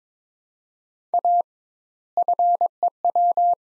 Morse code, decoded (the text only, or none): A FEW